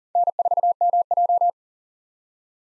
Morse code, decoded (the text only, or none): N4MJ